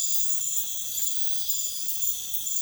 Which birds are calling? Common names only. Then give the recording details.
none. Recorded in dense forest near Puerto Asís, Putumayo, Colombia, on 21 February 2024 at 04:30. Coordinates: 0.505, -76.324. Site G6467